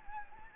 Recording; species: mosquito wingbeat signal from an infrared sensor; Anopheles gambiae